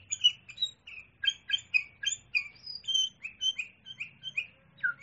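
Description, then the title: Sooty-headed bulbul giving lively, slurred chirps in a steady rapid sequence, ending on a lower note, with faint low background hum. "kutilang"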